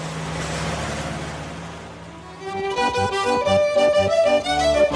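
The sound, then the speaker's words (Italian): The engine of a heavy truck unloading wood chips, or of a tractor moving the wood chips, rumbles steadily, then revs up halfway through into a louder, throbbing drone with pulsing, tonal overtones. No one speaks. “di tanto in tanto si sente anche il motore di un camion che scarica il cippato o di un trattore che questo cippato lo sposta.”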